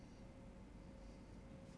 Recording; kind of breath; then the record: one breath in and out by a microphone near the nose and mouth; normal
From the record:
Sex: male